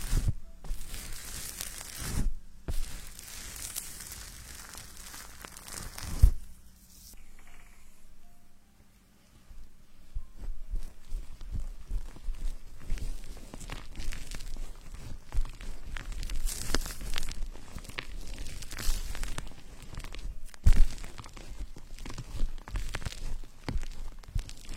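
Hair is being washed, with fingers scratching through lather: a dense, crackling fizz of foam and rubbing that swells and eases in uneven strokes. It goes nearly quiet from about six to ten seconds, then steady scratching resumes, with two sharp clicks along the way.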